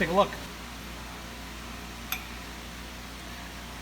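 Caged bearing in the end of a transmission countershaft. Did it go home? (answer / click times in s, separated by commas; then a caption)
released / 2.1 s. A seized caged needle bearing pressed into the end of a transmission countershaft is pushed out on a press. After someone talks briefly, the bearing breaks free with a single sharp, loud pop at 2.1 s over a steady background hum, and the frozen bearing is released.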